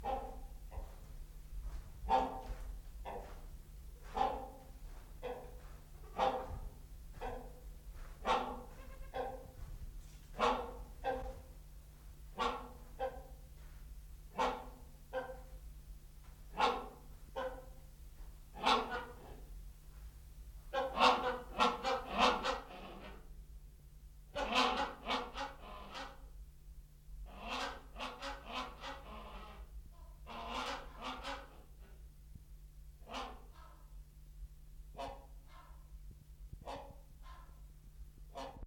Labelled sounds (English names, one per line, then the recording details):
Great Hornbill call
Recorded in captivity
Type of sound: call, call sequence
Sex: pair
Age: adult
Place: Zoo Berlin, Berlin, DE
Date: 1994-01-14 11:05
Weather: -1°C, heiter
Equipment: Marantz CP 430, Sennheiser ME 80, Kopie Uher Variocord 263
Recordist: Tembrock, Günter
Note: Männchen: Rufreihe, Weibchen zum Teil einfallend. Fortsetzung nächstes Band